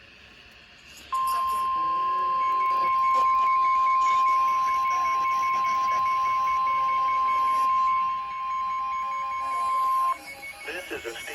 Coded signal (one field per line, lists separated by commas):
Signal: Emergency Alert System (SAME) tones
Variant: 1050 Hz attention tone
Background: speech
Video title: EAS 1205-1208 - BLIZZARD WARNING (WXM42, KHB36, WAIW, WARN)